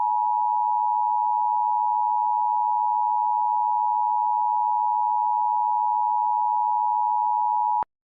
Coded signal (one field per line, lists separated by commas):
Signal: Emergency Alert System (SAME) tones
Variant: 853 and 960 Hz attention tone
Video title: [EAS Scenario] Millennium Schism: REDUX (Alternate History ULTIMATE EDITION) (REUPLOAD)